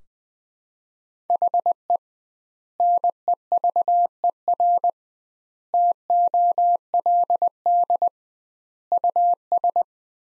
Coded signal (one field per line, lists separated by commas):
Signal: Morse code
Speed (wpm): 20 wpm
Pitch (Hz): 700 Hz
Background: none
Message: HE NEVER TOLD US